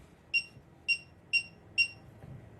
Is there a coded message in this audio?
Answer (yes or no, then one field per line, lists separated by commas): no